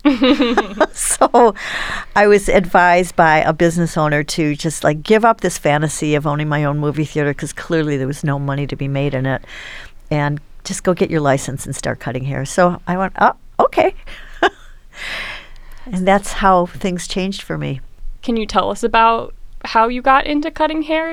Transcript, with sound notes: I was advised by a business owner to just, like, give up this fantasy of owning my own movie theater because clearly, there was no money to be made in it, and just go get your license and start cutting hair. So I went, Oh, okay. [LAUGHTER] That's how things changed for me.
Can you tell us about how you got into cutting hair?